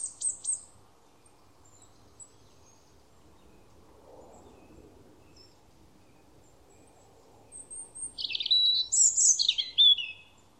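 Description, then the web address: Bird calls: a couple of short high chirps at the start, then a burst of rapid, tumbling high twitters near the end, over a soft background hiss. "cianscape birddata Deverinetal 2025"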